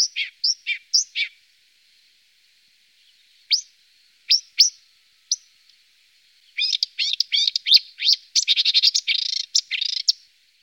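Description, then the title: Marsh warbler song: a few quick downslurred notes, scattered upslurred chirps, then a long, fast, varied stream of twittering and buzzy notes. Songbird from Germany, Austria and Switzerland. "Sumpfrohrsänger"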